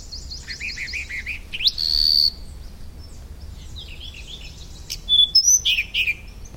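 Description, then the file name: Firethroat song: a fast run of high, slurred notes, then a sustained bright whistle, a brief pause, and a varied stretch of twittering, buzzy notes and sharp whistles. "firethroat -Calliope-pectardens"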